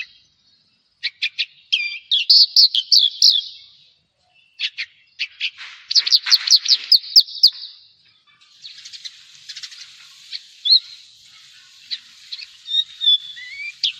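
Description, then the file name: Javan bush lark song, quick bursts of high stuttered notes and trills separated by short pauses, then a softer ongoing twitter. "suara burung branjangan jawa"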